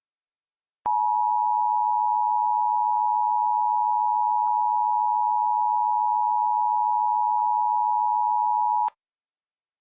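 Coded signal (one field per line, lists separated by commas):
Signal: Emergency Alert System (SAME) tones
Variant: 853 and 960 Hz attention tone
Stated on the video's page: EAS alert on a Cox cable system, relayed from a radio station.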